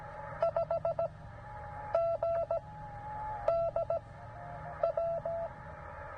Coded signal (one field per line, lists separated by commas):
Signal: Morse code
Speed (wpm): 15 wpm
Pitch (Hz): 690 Hz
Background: none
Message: 5 GD W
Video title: CW POTA at Land Between the Lakes in KY 04Nov2023